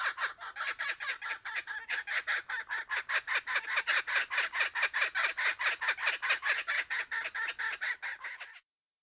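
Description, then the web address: Kookaburra laughing call, a steady, rapid series of harsh chuckling notes, holding loud and even before stopping abruptly. Several kookaburras laughing. "bird kookaburras laughter"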